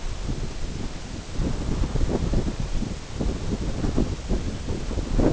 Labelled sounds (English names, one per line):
none